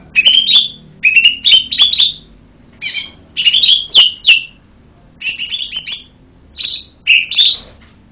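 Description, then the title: Bird singing a lively series of high chirped phrases, each a few quick rising and falling notes, repeated with short pauses between groups. "SuaraBurung Kicau"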